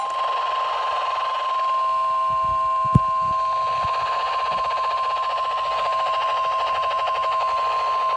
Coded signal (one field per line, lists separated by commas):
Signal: Emergency Alert System (SAME) tones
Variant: 1050 Hz attention tone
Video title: Happy one year anniversary of my Channel 2 double headers costal floods and a high wind warning